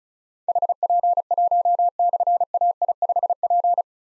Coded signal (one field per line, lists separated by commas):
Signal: Morse code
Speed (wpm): 36 wpm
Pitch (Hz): 700 Hz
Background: none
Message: HP1/AI5P